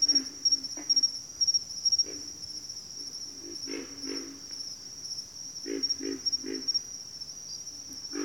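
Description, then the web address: Pig frog grunts, deep and rough, come in small clusters of two or three beneath a continuous high-pitched cricket trill. Pig frogs calling in a bayou. "Nature Sounds The Natural Sounds of the Wilderness Echoes of Nature - Bayou Pig Frogs"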